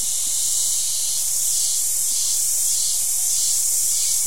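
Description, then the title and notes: Cicada chorus: a continuous shrill buzzing drone with gentle, regular swells. Cicadas calling at the end of the day in a wet jungle in Costa Rica. "Costa Rican Dream. as Cicadas bring an end to the day"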